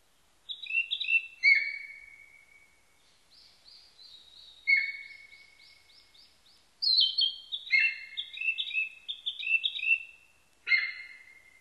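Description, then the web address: Narcissus flycatcher singing varied phrases of clear whistles and quick warbled notes, several ending in a long level whistle, with pauses between bursts. Recorded 21 May 1999. "1999 990521 kibitaki"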